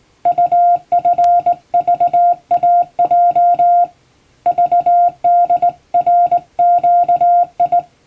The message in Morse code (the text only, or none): UFVAJ VDRQI